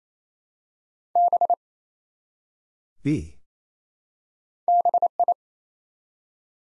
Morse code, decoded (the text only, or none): B BI